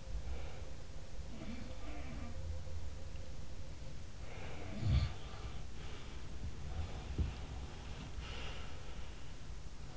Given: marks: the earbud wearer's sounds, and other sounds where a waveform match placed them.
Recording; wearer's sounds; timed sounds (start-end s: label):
sounds in sleep by an in-ear microphone; breath
0.00-0.79 s: breath
1.26-2.59 s: sound from someone else or the room
4.25-6.53 s: sound from someone else or the room
6.66-9.25 s: sound from someone else or the room